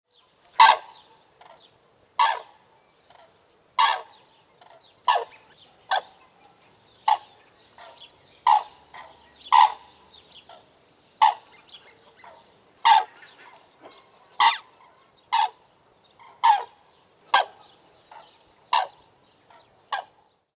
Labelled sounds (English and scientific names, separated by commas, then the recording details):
Common Crane (Grus grus)
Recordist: Tembrock, Günter
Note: Kontaktrufe